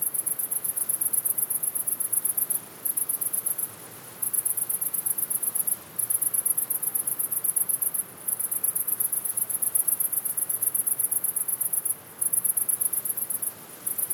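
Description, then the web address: Crickets giving high, rapid pulsed chirps in long runs broken by short gaps, with a low breathy wind noise beneath. "best service Blue Box animals crickets wind"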